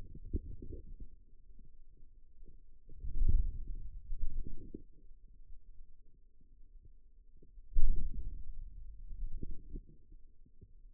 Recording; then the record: forearm muscle sounds (acoustic myography)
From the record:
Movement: wrist flexion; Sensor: system 2, bracelet of six BSWA MPA416 microphones around the upper forearm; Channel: 4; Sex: male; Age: 22 years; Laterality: right